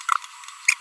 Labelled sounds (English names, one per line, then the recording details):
Green-rumped Parrotlet babbling
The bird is a female
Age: 24 days
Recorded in a nest box in Venezuela
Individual 17B42B1